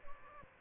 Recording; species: mosquito wingbeat signal from an infrared sensor; Aedes albopictus